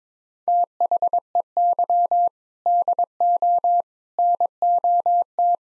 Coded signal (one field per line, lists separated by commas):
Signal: Morse code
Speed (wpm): 21 wpm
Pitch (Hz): 700 Hz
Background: none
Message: THEY DO NOT